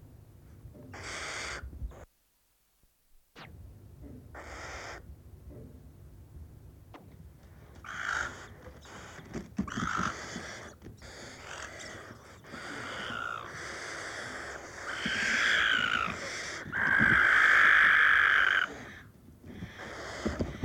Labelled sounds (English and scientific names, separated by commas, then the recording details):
Western Barn Owl (Tyto alba) call
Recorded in the wild
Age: juvenile
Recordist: Meyer, Hugo